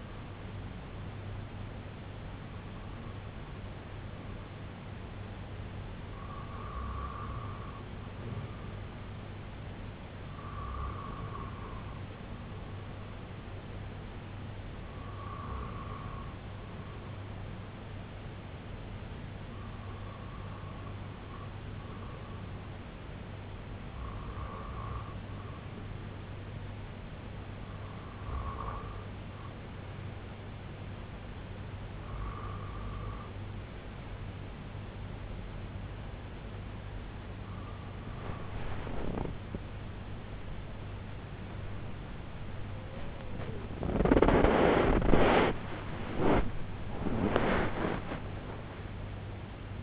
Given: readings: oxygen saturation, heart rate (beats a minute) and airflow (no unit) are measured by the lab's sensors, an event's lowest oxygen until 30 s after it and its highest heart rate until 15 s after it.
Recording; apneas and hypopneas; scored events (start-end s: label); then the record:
breathing in sleep by a voice recorder at the bedside; 1
15.00-42.00 s: hypopnea (REM, oxygen 95% highest, then 94% lowest, heart rate 77 at the start, 93 highest)
28.00-49.83 s: new sleep stage, N1 (lightest sleep)
From the record:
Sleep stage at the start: REM sleep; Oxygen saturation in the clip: 94 to 95%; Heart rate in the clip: 69 to 93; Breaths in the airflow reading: 8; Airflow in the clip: -11.4 to 12.4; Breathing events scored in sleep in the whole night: 258 in 7.4 hours asleep